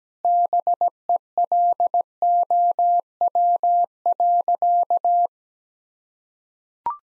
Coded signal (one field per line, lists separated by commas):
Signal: Morse code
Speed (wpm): 17 wpm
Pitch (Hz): 700 Hz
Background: none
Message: BELOW.